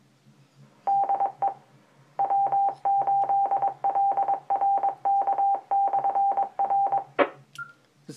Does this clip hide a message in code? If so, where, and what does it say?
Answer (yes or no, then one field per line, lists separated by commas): yes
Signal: Morse code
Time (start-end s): 0.9-7.0 s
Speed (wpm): 21 wpm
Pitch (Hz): 790 Hz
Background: none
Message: DE W8LRK/R